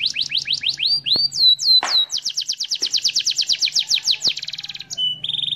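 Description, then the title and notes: Canary song of quick falling whistles, fast repeated trill notes, a buzzy rattle and a steady high tone at the end, over a faint low hum. Canary master song, used to train other birds. "Suara Burung Kenari Masteran. master suara burung kenari mantap"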